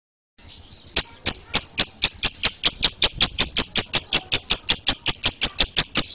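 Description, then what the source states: Lovebird chirping song: sharp, high notes in a steady quick series, a few per second, after a soft lead-in. Lovebird referred to as Putri Mentaya.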